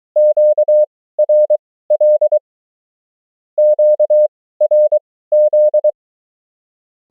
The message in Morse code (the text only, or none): QRL QRZ